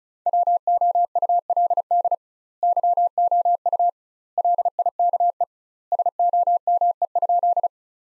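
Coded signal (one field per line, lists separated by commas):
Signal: Morse code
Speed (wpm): 34 wpm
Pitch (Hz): 700 Hz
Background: none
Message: WOULD YOU LIKE SOME?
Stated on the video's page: Morse practice sentences from the top 100 words at 35wpm with 2x standard word spacing, analogous to Farnsworth, for head-copy training.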